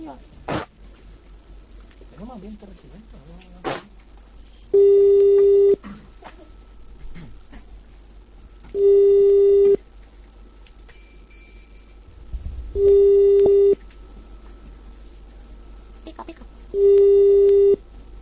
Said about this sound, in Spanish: está haciendo uso de su dedo índice para poder discar el teléfono de la víctima.